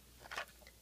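A detachable piece of a gift organizer, which appears to be a storage item, is refitted and snaps back into place with a sharp click at 0.3 s. A fainter, shorter tick follows at 0.7 s. The piece ends up seated.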